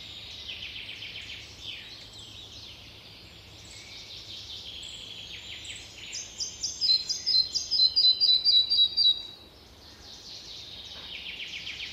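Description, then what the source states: Red-breasted flycatcher giving one bright phrase of rapidly repeated high notes midway, with other bird sounds before and after. Beautiful, wistful song given after taking territories in old-growth forests, before pairing and nesting; birds arrive in Finland in late May; favours dense, dim, damp old spruce-dominated natural forests.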